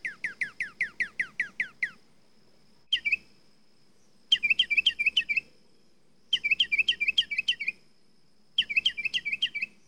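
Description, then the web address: Mockingbird singing varied phrases: a rapid series of falling notes, then bursts of mixed high chirps repeated in groups with brief pauses. "bird mocking song animal"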